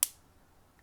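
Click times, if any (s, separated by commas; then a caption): 0.0 s. The plastic arm of a Mafex 052 The Dark Knight Trilogy Bane action figure, shown without its jacket, is pushed onto the shoulder ball joint and snaps in with a sharp, bright click at 0.0 s. A faint small tick follows at 0.8 s. The arm is seated in the joint.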